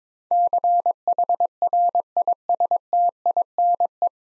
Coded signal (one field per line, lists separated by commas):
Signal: Morse code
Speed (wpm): 21 wpm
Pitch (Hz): 700 Hz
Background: none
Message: CHRISTINE